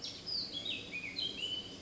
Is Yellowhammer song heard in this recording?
no